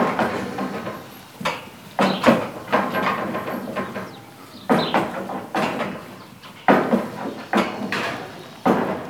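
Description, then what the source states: Goats bleating in short harsh bursts, a series of repeated cries. Goats in their stall at Gut Adolfshof, Hämelerwald, very lively; recorded on a Sony D100 with internal microphone.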